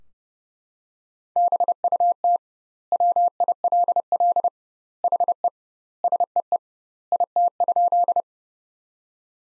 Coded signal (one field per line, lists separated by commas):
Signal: Morse code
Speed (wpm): 30 wpm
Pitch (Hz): 700 Hz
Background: none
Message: BUT WILL HE SEE IT?